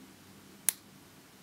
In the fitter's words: you know when it's fully connected by just pushing it in you'll hear it snap